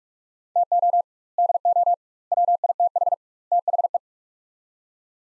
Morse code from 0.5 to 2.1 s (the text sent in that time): TO DO